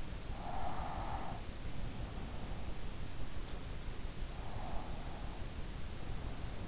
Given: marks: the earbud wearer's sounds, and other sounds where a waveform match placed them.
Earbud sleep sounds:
sounds in sleep by an in-ear microphone; breath
0.09-3.11 s: breath

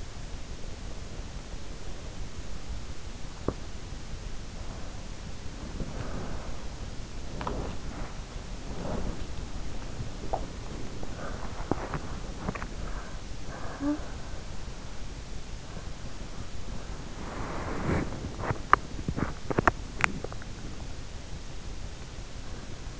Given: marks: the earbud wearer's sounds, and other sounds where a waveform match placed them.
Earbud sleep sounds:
sounds in sleep by an in-ear microphone; body movement, talking in sleep
0.00-23.00 s: body movement
13.07-14.95 s: talking in sleep

